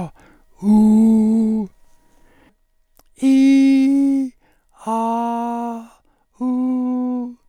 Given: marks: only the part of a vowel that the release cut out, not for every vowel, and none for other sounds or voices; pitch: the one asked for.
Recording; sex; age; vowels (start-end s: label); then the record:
sustained vowels; male; 70 to 79 years
0.72-1.52 s: vowel /u/, low pitch
3.29-4.14 s: vowel /i/, low-high-low pitch
4.91-5.74 s: vowel /a/, low-high-low pitch
6.45-7.16 s: vowel /u/, low-high-low pitch
From the record:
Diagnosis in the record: cordectomy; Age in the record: 71 years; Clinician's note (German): Zustand danach, rechts